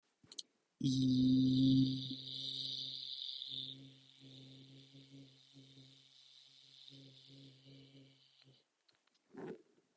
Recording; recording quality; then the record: sustained vowel as in beet; excellent, no background noise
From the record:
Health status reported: COVID-19 positive, mild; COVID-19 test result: positive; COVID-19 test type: RT-PCR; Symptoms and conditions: cough, cold, sore throat, fever, fatigue, muscle pain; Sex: male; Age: 26 years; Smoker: no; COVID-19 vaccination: both doses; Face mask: not worn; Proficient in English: yes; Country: India